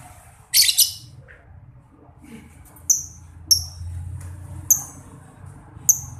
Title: Kicau Lovebird. Terapi Masteran LABET Agar Labet Cepet NGEKEK PANJANG